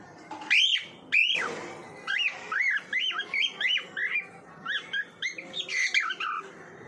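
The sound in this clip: Bird song of two loud rising-falling whistles followed by a steady string of shorter arched whistled notes.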